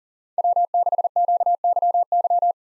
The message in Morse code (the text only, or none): W6QYY